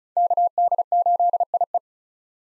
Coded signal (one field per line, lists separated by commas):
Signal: Morse code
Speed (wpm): 34 wpm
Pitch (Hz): 700 Hz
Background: none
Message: KD8IE